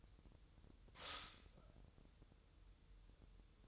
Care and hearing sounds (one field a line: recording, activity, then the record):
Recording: daily activity, microphone in the room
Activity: stop toaster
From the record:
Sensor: 3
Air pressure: 988.6 hPa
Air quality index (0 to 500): 196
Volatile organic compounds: 312 ppm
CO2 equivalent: 4508 ppm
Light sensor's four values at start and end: 23/72/30/26 and 23/72/30/26